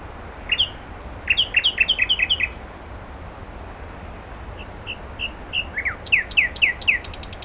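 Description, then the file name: Common nightingale song: two high thin whistles, a rapid series of rich chirping notes, soft piping notes, then loud rising notes and a fast high rattle, with low background hiss. "Luscinia megarhynchos"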